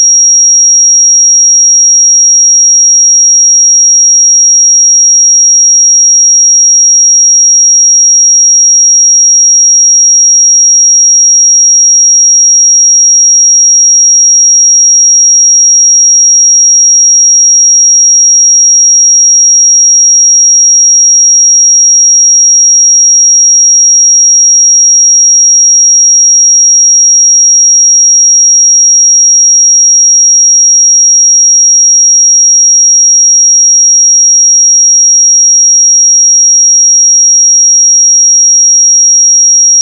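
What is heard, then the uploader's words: A pure sine tone at 5645 Hz sounds without a break for the full forty seconds. The high, thin whistle holds perfectly steady in pitch and loudness, with no other sounds and nothing underneath it. 5645 Hz 1 Hz Interval Sine Pure Tone Frequency 441000 Sample Mono.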